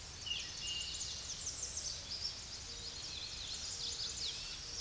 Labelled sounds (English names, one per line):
American Redstart song